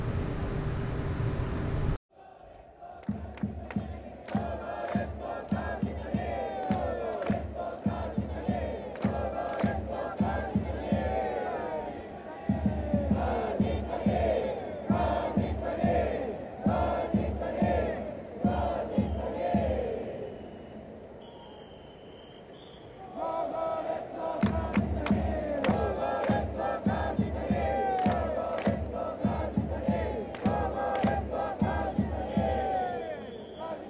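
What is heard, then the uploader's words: Busy train station in Osaka, thick with overlapping voices from a crowd talking all at once. The murmur stays dense and steady, dips quieter around 20 to 23 seconds with a brief tone, then surges back. A short burst opens the clip before a cut. Train Station Osaka.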